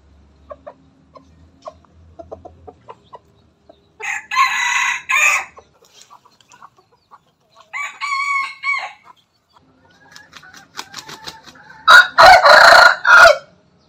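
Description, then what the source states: Bangkok chicken: rooster crowing: three loud, hoarse crows, each about a second long and spaced several seconds apart, with faint clicks and chirps between them. Bangkok chicken (ayam bangkok) breed, crowing.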